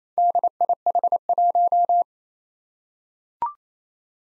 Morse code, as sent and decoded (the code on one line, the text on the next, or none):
-.. .. .... .----
DIH1